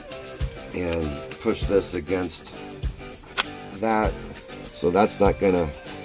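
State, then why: Not seated. Someone talks over background music while handling the rear reverse band of a rebuilt 1974 C4 automatic transmission, pushing the band end against its anchor in the case. Nothing has seated or locked into place yet.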